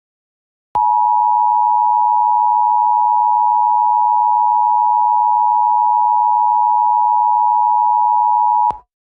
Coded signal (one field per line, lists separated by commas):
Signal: Emergency Alert System (SAME) tones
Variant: 853 and 960 Hz attention tone